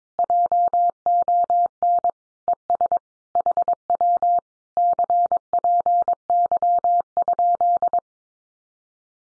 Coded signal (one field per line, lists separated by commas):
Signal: Morse code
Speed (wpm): 22 wpm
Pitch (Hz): 700 Hz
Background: none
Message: JON ES HW CPY?